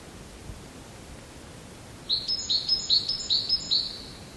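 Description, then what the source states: Great tit song: quiet at first, then a bright two-note phrase repeated five times in quick succession, high and ringing over soft background noise. Pine forest, recorded in 2020.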